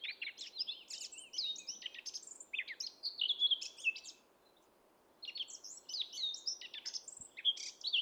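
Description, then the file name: Eurasian blackcap singing fast, varied warbling phrases with bright fluty notes, one long phrase, a brief silence, then another similar outpouring. "Sylvia atricapilla"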